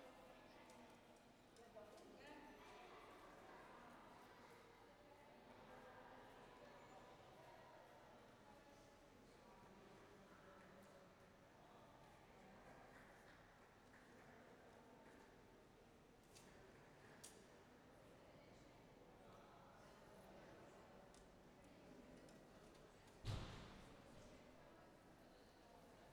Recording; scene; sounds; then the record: everyday scene through a hearing-aid microphone; reverberant space; background noise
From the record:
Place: railway station hall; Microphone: behind the ear, left, front